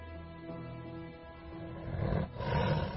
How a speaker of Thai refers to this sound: ทั้งเสือโคร่งและราชสีห์ต่างแผดเสียงเถียงกันลั่นป่า